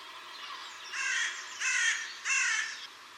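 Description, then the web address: Bird giving three harsh, raspy caws, each about half a second long and spaced roughly evenly, over faint steady background hiss. "cianscape. Deverinetal. Bird Only"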